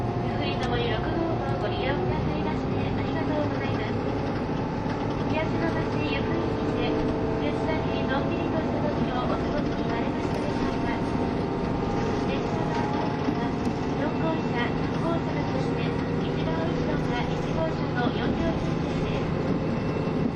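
Aboard the KiHa 72 Yufuin no Mori train, a steady low engine rumble and rolling hum continue throughout, with faint voices and light clicks above.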